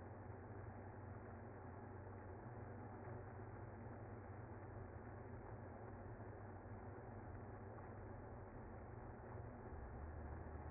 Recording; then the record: honeybee colony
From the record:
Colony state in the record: active